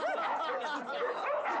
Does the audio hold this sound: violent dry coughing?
no